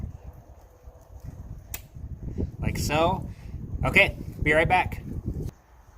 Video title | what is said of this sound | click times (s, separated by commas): Toyota Corolla Hard To Start Idle Issues Replacement Of Mass Air Flow MAF Sensor | the same way it came off and you'll just push it in until you hear it snap like | 1.7 s